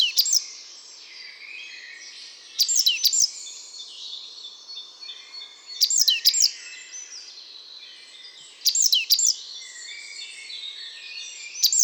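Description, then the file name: Great tit calls: clipped groups of two or three high, falling notes returning about every three seconds while other songbirds chatter continuously behind. "Parus major"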